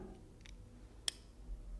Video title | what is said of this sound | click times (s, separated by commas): Dog Training Equipment | hear that clip | 1.1 s